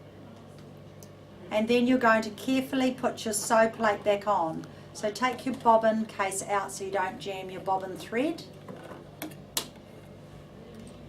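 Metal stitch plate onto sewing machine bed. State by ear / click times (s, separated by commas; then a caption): seated / 9.6 s. Someone talks while refitting the metal stitch plate onto the bed of a Bernina sewing machine after threading the cord and setting the bobbin, then pushes it down. The plate clicks into place at 9.6 s with a sharp hit and is seated.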